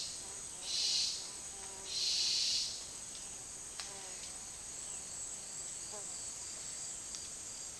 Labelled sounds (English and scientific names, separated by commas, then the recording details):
none
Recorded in dense forest near Puerto Asís, Putumayo, Colombia, on 18 February 2024 at 11:00
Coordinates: 0.466, -76.327
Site G6413